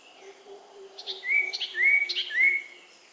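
Oriental magpie-robin singing a run of clear rising whistled notes, each swelling then sliding upward, with a faint steady low hum underneath.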